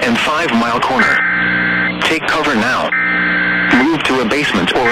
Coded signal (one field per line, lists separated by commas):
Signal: Emergency Alert System (SAME) tones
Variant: header bursts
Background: speech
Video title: IT JUST NEVER STOPS... | EAS Alerts from 6/20/2022 (EAS #1202-1233)